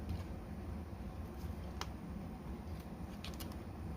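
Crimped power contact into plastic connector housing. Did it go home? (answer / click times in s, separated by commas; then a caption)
no / none. A screwdriver pushes a crimped power contact down into a plastic connector housing for a 30 amp PowerPole splitter, aiming for a click, against a steady low background hum. Two short, sharp transients stand out at about 1.8 s and 3.2 s, but the contact has not clicked into the housing yet.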